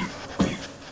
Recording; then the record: coughing mixed with background sound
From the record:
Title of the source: Spring Allergy Coughing